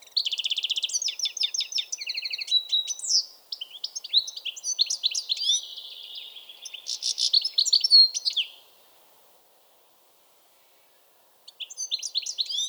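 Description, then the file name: European goldfinch song: a long run of fast twitters, buzzy trills and a drawn-out wheezy note, then silence before a brief final twitter. "Carduelis carduelis"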